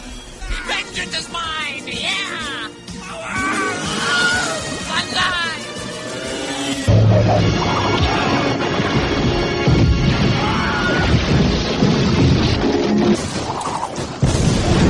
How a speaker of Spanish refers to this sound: Sin duda, una curiosidad estridente la que hoy les he traído: el grito Wilhelm, un grito estándar.